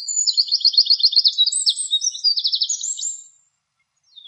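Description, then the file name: Eurasian wren singing a fast, loud outpouring of high metallic trills and chattering notes for about three seconds, then falling silent before a brief new phrase begins. "krapivnik"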